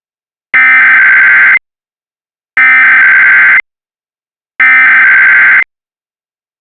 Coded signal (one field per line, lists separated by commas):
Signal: Emergency Alert System (SAME) tones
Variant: header bursts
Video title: (EAS MOCK) Another Average PBS Kids EAS Alert